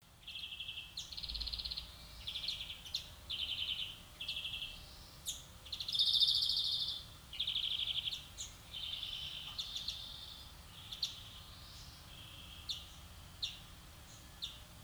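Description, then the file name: European greenfinch delivering a lively run of buzzy trills and twittering phrases in quick succession, one louder wheezy burst midway, then sparser notes trailing off. "Chloris chloris"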